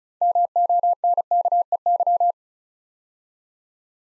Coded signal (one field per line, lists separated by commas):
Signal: Morse code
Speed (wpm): 36 wpm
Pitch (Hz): 700 Hz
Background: none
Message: MONKEY